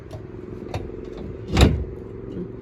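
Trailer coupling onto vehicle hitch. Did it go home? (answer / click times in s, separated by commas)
yes / 1.6 s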